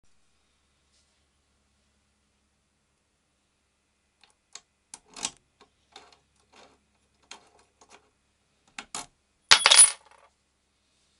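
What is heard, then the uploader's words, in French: A bump key works a cheap five-pin lock. After about four seconds of silence, small sharp metallic clicks and taps come at irregular intervals, then a louder, bright clack near the ten-second mark rings briefly before a few faint ticks. Serrure à 5 goupilles no-name, bump-key.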